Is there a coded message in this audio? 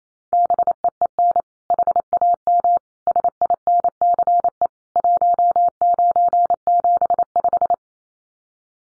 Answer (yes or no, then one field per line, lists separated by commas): yes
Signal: Morse code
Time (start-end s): 0.3-7.7 s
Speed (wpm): 28 wpm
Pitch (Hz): 700 Hz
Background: none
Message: BEEN HAM SINCE 1975